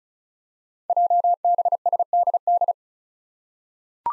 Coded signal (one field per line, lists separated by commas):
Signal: Morse code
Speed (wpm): 36 wpm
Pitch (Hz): 700 Hz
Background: none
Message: JBSDD